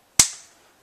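An iPad 2 is pushed fully into the plastic holder of a TouchEZ Keypad Flip Case keyboard case, giving a single sharp snap at 0.2 s that fades out by about 0.7 s. The tablet clicks home and sits securely in the case.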